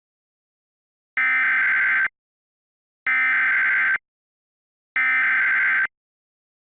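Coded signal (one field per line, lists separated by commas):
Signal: Emergency Alert System (SAME) tones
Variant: header bursts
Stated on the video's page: Mock tornado warning made with valid SAME tones.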